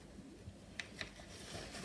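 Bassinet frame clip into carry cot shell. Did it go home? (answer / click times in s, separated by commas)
yes / 0.8 s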